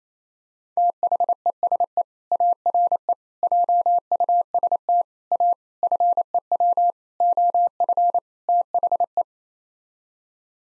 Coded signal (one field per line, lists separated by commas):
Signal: Morse code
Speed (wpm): 28 wpm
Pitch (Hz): 700 Hz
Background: none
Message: THESE ARE JUST A FEW OF THE